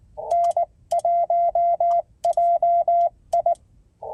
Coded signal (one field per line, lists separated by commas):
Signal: Morse code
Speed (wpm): 19 wpm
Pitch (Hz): 690 Hz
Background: none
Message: N1JI